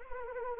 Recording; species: mosquito wingbeat signal from an infrared sensor; Anopheles arabiensis